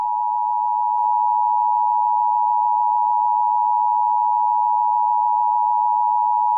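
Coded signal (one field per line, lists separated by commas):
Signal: Emergency Alert System (SAME) tones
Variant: 853 and 960 Hz attention tone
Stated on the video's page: Mock EAS alert said to contain real valid SAME tones.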